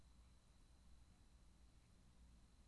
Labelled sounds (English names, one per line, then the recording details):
Mallard
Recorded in Germany
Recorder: ecoPi